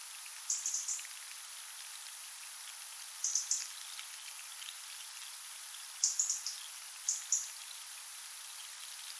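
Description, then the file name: European robin calling with bursts of dry, rapid ticks, four clusters spread across the recording, over a constant high-pitched hiss. "Erithacus rubecula"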